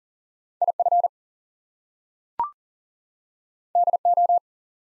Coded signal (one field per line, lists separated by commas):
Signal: Morse code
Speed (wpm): 39 wpm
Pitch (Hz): 700 Hz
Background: none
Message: IF DO